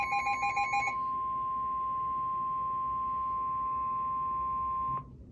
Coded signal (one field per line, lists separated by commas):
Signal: Emergency Alert System (SAME) tones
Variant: 1050 Hz attention tone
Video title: Severe Thunderstorm Warning (EAS #414)